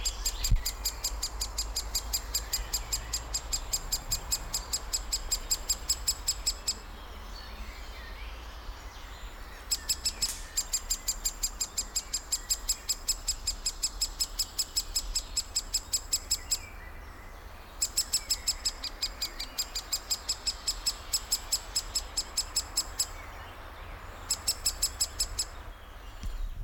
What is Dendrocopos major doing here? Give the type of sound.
call